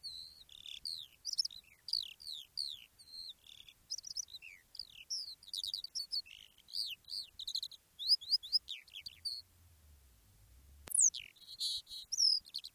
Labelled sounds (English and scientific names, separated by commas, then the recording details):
Eurasian Skylark (Alauda arvensis)
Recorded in the wild
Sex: male
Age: adult
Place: Erlangen, OT Schallershof, Bayern, DE
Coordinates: 49.5792, 10.9736
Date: 1962-05-11
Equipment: Stellavox SM 5, Vorverstärker, Original, Vollspur
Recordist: Tretzel, Erwin